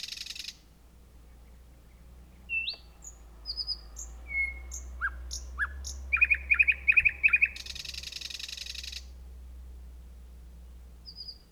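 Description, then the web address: Thrush nightingale singing: opens with a harsh buzz, then scattered thin whistles and one long level whistle, followed by a quick string of sharp clicks and a dry rattle, with a steady low hum. Recorded 3 June 2016. "fagelljud 20160603 naktergal"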